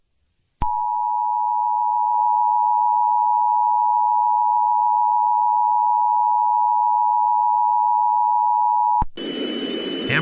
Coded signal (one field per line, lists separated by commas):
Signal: Emergency Alert System (SAME) tones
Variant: 853 and 960 Hz attention tone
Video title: Specimen 9: An EAS Scenario in the US #easscenario #spookyjumpscaremansion